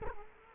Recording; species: mosquito wingbeat signal from an infrared sensor; Culex quinquefasciatus